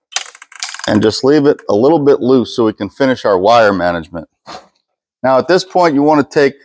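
A large plastic zip tie, threaded through both eyebolts, has its tail pulled through its own locking head around the battery wires. It gives a rapid series of ratchet clicks at 0.2, 0.3, 0.4, 0.6, 0.7 and 0.7 s. The tie locks closed but is left slightly loose so the wire management can be finished, and someone talks afterward.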